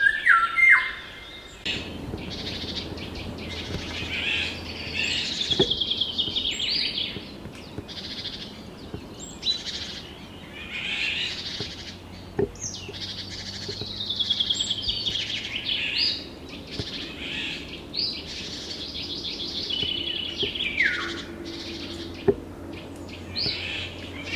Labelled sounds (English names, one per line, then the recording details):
Eurasian Golden Oriole
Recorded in the wild
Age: adult
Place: Schielleitn
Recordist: Brunner, Thomas